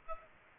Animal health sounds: mosquito wingbeat signal from an infrared sensor; Aedes aegypti

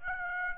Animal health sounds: mosquito wingbeat signal from an infrared sensor; Aedes aegypti

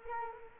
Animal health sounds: mosquito wingbeat signal from an infrared sensor; Culex quinquefasciatus

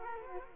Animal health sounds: mosquito wingbeat signal from an infrared sensor; Culex quinquefasciatus

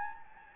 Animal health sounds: mosquito wingbeat signal from an infrared sensor; Anopheles gambiae

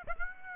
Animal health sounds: mosquito wingbeat signal from an infrared sensor; Aedes aegypti

